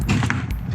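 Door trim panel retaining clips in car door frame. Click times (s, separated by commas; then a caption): 0.3 s. The loosened driver door trim panel of a BMW 7 Series (E38) is pulled away from the car door frame by hand, freeing the remaining plastic retaining clips. Rustling and handling thumps lead to a sharp pop at 0.3 s as the clips release. The whole side of the panel comes off at once.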